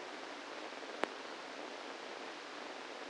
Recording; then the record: brain microelectrode recording played as sound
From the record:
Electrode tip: inside the subthalamic nucleus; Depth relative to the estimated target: -1 mm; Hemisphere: right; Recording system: NeuroSet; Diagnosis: Parkinson's disease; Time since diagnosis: 8 years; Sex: male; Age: 65 years